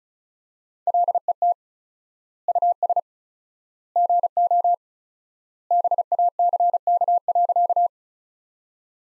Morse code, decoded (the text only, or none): LET US GO BACK.